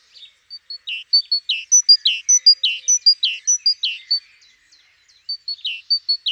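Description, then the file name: Great tit calls: a steady run of bright high notes alternating with lower dropping notes, fading out and then resuming near the end. "Parus major"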